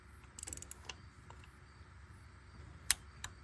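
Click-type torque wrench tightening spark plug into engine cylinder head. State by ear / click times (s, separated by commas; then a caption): torque reached / 2.9 s. A click-type torque wrench tightens a spark plug into the cylinder head of a 2015-2023 Dodge Charger 3.6L V6 (Ripp Supercharged). A few quiet ratcheting ticks come first, then one sharp, loud click at 2.9 s as the wrench breaks over at its set torque. The spark plug is torqued to spec.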